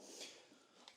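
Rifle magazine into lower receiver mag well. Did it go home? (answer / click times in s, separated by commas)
yes / 0.9 s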